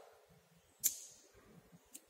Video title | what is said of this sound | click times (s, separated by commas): Micrometer Screw Gauge - Class XI - Practical in physics - To find the area of cross-section of wire | एवढा एकदाच आवाज येईल एवढंच jerk आपल्याला द्यायचं आहे. | 0.9 s